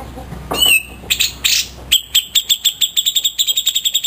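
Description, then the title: Grey-cheeked Bulbul song: a few slurred whistles, then a fast, even run of sharp high chips over faint background hiss. "Cucak Jenggot -RESING"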